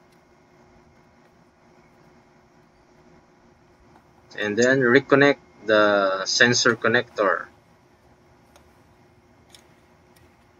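A plastic wiring harness connector is handled and lined up on the throttle body sensor of a Mitsubishi 4D56 diesel engine (L200/Triton/Strada, 2005-2018) before being pushed home. Someone talks from about 4.3 to 7.5 s, followed by a few light tapping sounds at about 8.6, 9.6 and 10.2 s. The connector has not seated or clicked yet.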